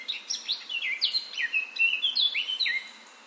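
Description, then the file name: Eurasian blackcap song: a steady run of clear, fluty whistled phrases, many sliding downward, delivered in quick succession for about three seconds before fading. "Sylvia atricapilla"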